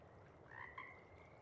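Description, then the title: Pacific chorus frog giving one brief two-part ribbit over a low background hiss. Sparse chorus just before dawn as twilight breaks; most of the group has gone back to burrow and sleep, a few individuals still calling to attract a mate. "Chorus Frogs, Sparse, pre-Dawn"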